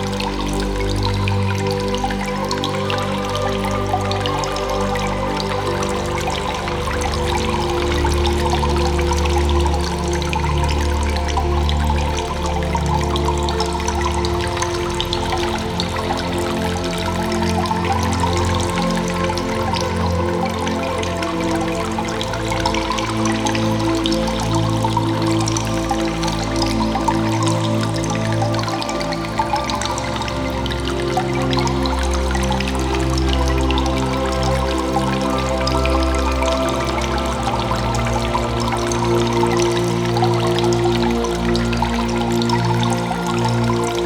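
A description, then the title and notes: Drippy cave ambience with a dense, steady bed of trickling and dripping water that never pauses across the whole stretch. Low rumbling tones and ringing mid pitches hang underneath, giving an enclosed, echoing feel, while loudness stays even throughout. Drippy Cave Ambience.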